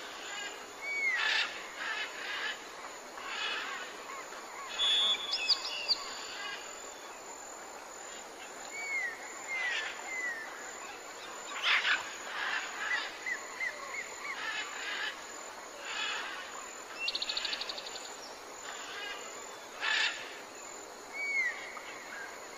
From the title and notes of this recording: Calming Bird Sounds. Melodic bird noises.